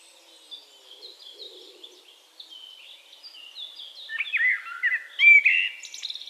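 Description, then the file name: Eurasian blackbird song, quiet high twittering building into a rich warbled phrase in the second half, ending in high squeaky notes. "Turdus merula"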